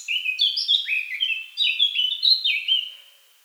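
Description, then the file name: Eurasian blackcap singing a rich run of loud, fluty, slurred whistles, each phrase dropping slightly, before fading out at the end. "Sylvia atricapilla"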